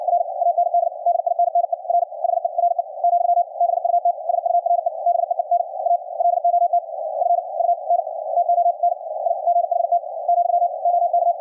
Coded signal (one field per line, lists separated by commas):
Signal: Morse code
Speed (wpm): 61 wpm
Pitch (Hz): 700 Hz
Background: radio noise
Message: R AND DINNER HERE , BUT SURE BEEN A LOT FUN TONIGHT , OK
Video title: QRQ CW NET on 40 meters - recorded LIVE from an Elecraft K3S on 10-12-2019